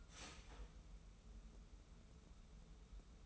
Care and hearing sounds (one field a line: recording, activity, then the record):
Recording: daily activity, microphone in the room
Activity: start toaster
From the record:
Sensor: 1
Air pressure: 994.4 hPa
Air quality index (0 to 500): 223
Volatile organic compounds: 1000 ppm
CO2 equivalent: 8011 ppm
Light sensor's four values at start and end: 130/299/132/145 and 129/299/132/145